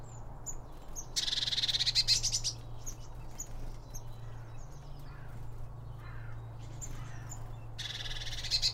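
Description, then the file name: Birds calling: short high chirps scattered throughout, with two bursts of dense buzzy trilling near the start and end, over a steady low hum. Birds around a bird feeder; recorded with two Line Audio OM 1 microphones. "Birds Around Birdfeeding With Two Om 1 From Line Audio"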